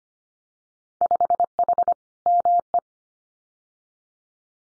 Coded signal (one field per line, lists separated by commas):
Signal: Morse code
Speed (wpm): 25 wpm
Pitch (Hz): 700 Hz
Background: none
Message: 5H ME